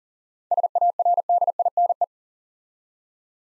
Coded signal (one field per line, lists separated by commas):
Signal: Morse code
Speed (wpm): 37 wpm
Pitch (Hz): 700 Hz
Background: none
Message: SARDINE